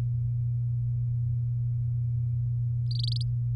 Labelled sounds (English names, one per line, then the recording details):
Domestic Canary song
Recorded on 7 May 2018 at 16:33
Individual llb16